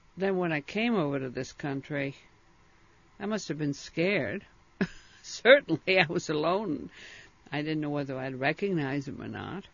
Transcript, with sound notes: then when I came over to this country I must have been scared. ( she laughs ) Certainly I was alone. I didn't know whether I'd recognize him or not.